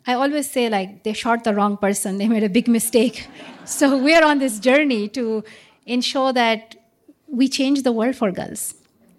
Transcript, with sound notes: I always say, like, they shot the wrong person. They made a big mistake.
(LAUGHTER)
So we're on this journey to ensure that we change the world for girls.